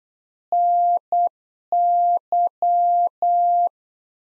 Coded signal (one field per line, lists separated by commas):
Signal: Morse code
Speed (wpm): 8 wpm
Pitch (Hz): 700 Hz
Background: none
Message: NY